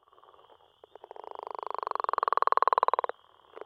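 Northern leopard frog giving a long pulsed snoring rattle that speeds up and grows louder for about two seconds, then stops abruptly, with a steady high whine behind.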